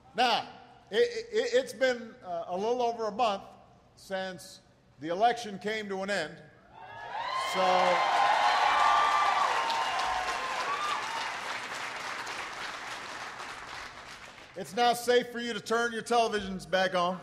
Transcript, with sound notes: Now, it’s been a little over a month since the election came to an end. (Applause.) So it’s now safe for you to turn your televisions back on.